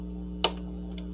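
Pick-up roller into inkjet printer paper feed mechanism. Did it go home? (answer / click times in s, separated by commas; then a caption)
yes / 0.4 s. The pick-up roller assembly of an Epson L3210 inkjet printer is pushed into its plastic mount in the paper feed mechanism. One sharp click at 0.4 s, followed by a much fainter tick at 1.0 s, stands out over a steady low hum. The roller is locked in place.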